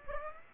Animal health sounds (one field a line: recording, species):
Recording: mosquito wingbeat signal from an infrared sensor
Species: Aedes aegypti